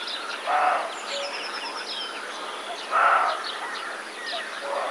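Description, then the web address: Roe deer barking, a few short gruff barks spaced a couple of seconds apart, with whistling songbirds behind. "wroblowe kolekcja capreolus capreolus"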